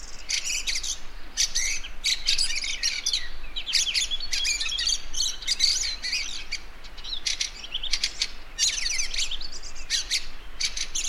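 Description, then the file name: Fieldfare song made of dense, scratchy chatter mixed with thin high squeaks, bursts following one another quickly throughout, over a faint low rumble. "Wacholderdrossel Gesang"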